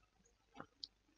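A metal quick-disconnect coupling on a low-pressure inflator hose has its sliding sleeve pulled back to release the hose from a BCD inflator valve. A broader, muffled click at 0.6 s is followed by a sharp, bright high click at 0.8 s. The coupling clicks open and the hose comes free.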